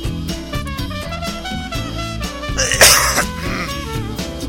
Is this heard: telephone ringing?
no